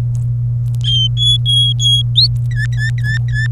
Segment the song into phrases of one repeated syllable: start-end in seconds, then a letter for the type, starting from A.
0.83-2.02 A, 2.16-2.27 B, 2.51-3.47 C